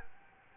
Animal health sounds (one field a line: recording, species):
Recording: mosquito wingbeat signal from an infrared sensor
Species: Culex quinquefasciatus